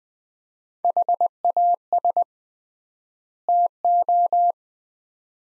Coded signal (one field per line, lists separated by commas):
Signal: Morse code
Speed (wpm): 20 wpm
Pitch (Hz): 700 Hz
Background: none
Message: HAS TO